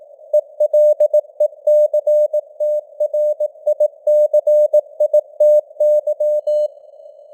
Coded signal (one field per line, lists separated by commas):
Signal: Morse code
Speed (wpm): 18 wpm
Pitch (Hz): 600 Hz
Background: none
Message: ELECTRICITY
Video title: Morse Code News | 2025-11-12 | 18wpm